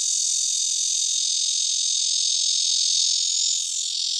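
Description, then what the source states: Red-veined bear cicada's continuous shrill buzz, a flat, straight tone held without breaks, softening slightly near the end. Tainan's representative species; the most common cicada in the city, often heard; its call is long and continuous, a straight 'di' tone.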